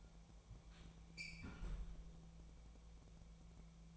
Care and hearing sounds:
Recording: daily activity, microphone in the room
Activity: close fridge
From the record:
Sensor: 1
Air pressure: 1000.0 hPa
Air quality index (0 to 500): 136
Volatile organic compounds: 2 ppm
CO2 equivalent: 1286 ppm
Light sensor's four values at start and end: 30/76/32/39 and 30/76/32/38

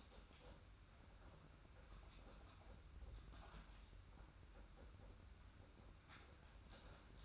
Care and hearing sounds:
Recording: daily activity, microphone in the room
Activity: typing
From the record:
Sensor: 2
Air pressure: 991.6 hPa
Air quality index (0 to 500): 193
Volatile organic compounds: 1000 ppm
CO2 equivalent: 6348 ppm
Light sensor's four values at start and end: 27/84/33/31 and 27/84/33/31

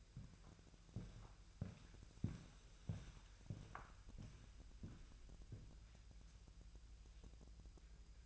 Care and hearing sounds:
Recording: daily activity, microphone in the room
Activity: walk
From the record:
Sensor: 2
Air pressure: 1001.9 hPa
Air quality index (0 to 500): 231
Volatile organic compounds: 60 ppm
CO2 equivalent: 3418 ppm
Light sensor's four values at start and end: 7/16/7/7 and 7/16/7/7

